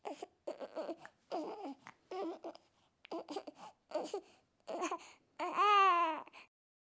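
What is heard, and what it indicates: A young infant makes short fussy whimpers and babbling sounds, building to one longer, louder wailing cry near the end. The voice is high-pitched with a clear, tonal quality. Ordinary infant crying; a sound effect.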